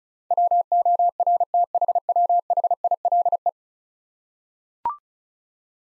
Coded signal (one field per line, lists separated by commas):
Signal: Morse code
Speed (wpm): 36 wpm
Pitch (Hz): 700 Hz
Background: none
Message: WORTHWHILE